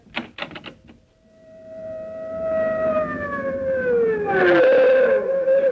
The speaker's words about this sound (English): The fire engine. I wonder why it's stopping here. I tried to tell you, your house is on fire.